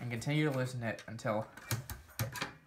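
Someone talks while handling the plastic cartridge tray in a game console's 72-pin connector assembly, loosening an over-tightened screw so the tray can be pushed down. Short handling knocks are heard near 2.2 and 2.4 seconds, but nothing has seated or clicked yet.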